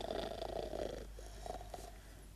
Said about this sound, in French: Hein? On a ronflé dans mon alcôve?